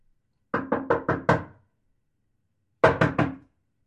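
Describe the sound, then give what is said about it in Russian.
Someone raps on a house door five times in quick, even succession, pauses for over a second, then knocks three more times, on a sunny summer day. The knocks are firm, dull and woody, with no voices. “Я подождал пару секунд и повторил стук в дверь в третий раз.”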